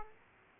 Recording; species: mosquito wingbeat signal from an infrared sensor; Aedes aegypti